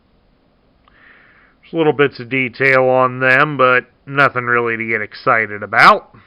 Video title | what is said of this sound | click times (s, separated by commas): G1 Sunstreaker | or locked into place | 0.9 s